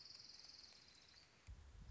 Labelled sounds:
Orange-crowned Warbler (Leiothlypis celata)
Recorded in Sonoma County, California

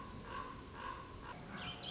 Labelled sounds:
Common Raven (Corvus corax)
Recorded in Sonoma County, California

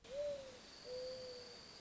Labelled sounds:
Mourning Dove (Zenaida macroura)
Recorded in Sonoma County, California

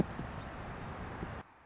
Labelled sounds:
Anna's Hummingbird (Calypte anna)
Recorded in Sonoma County, California

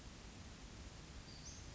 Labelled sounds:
Western Flycatcher (Empidonax difficilis)
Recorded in Sonoma County, California

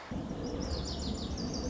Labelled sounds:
Lazuli Bunting (Passerina amoena)
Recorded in Sonoma County, California

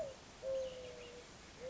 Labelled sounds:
Mourning Dove (Zenaida macroura)
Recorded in Sonoma County, California

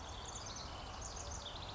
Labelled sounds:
House Wren (Troglodytes aedon)
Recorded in Sonoma County, California

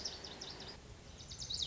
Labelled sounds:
Lazuli Bunting (Passerina amoena)
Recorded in Sonoma County, California

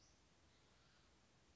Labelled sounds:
Western Flycatcher (Empidonax difficilis)
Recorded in Sonoma County, California

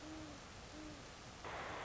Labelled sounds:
Great Horned Owl (Bubo virginianus)
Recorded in Sonoma County, California

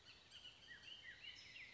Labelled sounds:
Bullock's Oriole (Icterus bullockii)
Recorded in Sonoma County, California

